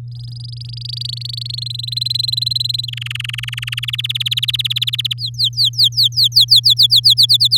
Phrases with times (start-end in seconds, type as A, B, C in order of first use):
0.12-1.55 A, 1.57-2.86 B, 2.88-3.85 C, 3.88-5.13 D, 5.18-7.14 E, 7.17-7.58 F